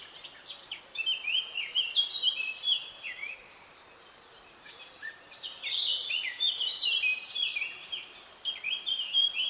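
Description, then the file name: Eurasian blackcap song, lively scratchy warbling in phrases, pausing for a moment near the middle before a longer, fuller outburst. "Sylvia atricapilla"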